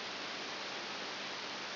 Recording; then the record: brain microelectrode recording played as sound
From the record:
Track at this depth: outside the subthalamic nucleus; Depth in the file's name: 8 mm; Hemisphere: left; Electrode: 2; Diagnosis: Parkinson's disease